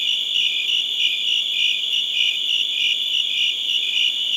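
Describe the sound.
Cricket chirping of shrill, fast pulses running without pause into an unbroken high ringing.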